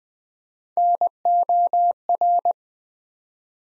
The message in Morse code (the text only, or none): NOR